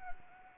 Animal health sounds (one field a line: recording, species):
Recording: mosquito wingbeat signal from an infrared sensor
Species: Anopheles arabiensis